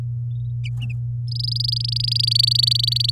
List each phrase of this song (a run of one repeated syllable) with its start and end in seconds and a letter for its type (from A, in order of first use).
1.27-3.10 A